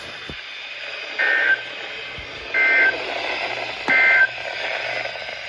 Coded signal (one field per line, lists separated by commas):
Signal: Emergency Alert System (SAME) tones